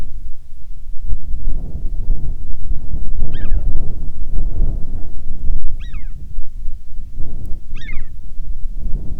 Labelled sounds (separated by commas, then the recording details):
bird, wind
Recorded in the Prudhoe Bay oil fields, Alaska, on 10 July 2019 at 14:33
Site 14